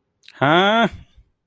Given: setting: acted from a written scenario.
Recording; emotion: vocal sound without words; confusion